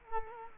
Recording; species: mosquito wingbeat signal from an infrared sensor; Culex quinquefasciatus